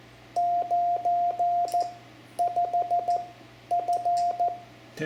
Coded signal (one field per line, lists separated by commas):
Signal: Morse code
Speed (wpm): 14 wpm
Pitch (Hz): 700 Hz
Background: radio noise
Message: 95F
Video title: CW Calling CQ and a basic QSO (Lesson 12) Example for a new ham, amateur radio Morse Code